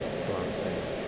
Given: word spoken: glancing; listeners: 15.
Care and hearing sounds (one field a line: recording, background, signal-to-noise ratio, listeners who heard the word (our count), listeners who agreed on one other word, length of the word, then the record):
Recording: one English word in noise, from a listening test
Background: speech-shaped noise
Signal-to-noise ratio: -5.4 dB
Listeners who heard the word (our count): 2 of 15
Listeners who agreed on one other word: 6 of 15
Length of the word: 0.68 s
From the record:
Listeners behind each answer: 6, 3, 2, 1, 1, 1, 1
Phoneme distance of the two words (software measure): 20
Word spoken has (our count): 2 syllables, 7 phonemes, stress on syllable 1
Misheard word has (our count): 2 syllables, 7 phonemes, stress on syllable 1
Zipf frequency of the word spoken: 2.91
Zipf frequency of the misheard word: 4.07